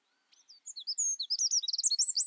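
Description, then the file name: Eurasian wren song: a high, fast-building series of sharp chirps and warbled notes that grows louder and quicker toward the end. "Troglodytes troglodytes"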